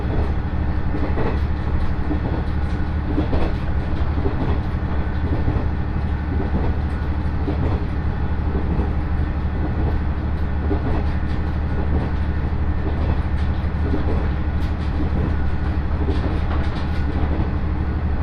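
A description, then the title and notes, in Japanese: A ride aboard a 701-series electric train, heard as a steady, dense rumble that stays heavy in the low end for the whole stretch. Faint clicks and rattles come through irregularly over the drone, with a thin hiss above, and the level barely changes. 耳で楽しむ鉄道旅 東北本線・北上線 花巻→北上→和賀仙人。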